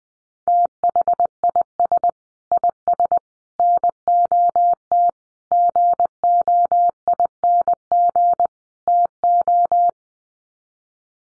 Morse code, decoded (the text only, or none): THIS IS NOT GOING TO